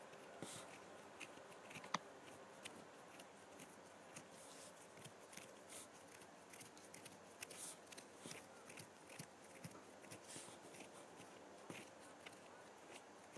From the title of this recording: Scratching my Hands